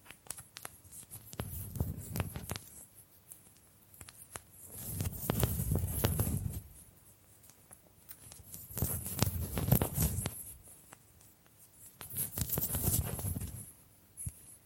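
Bamboo being scratched and brushed in four rough bursts, around 1–3, 5–7, 9–11 and 12–14 seconds, each a dense rustling scrape with a low rumble underneath. Quick sharp taps and clicks punctuate the bursts, and short quiet pauses separate them.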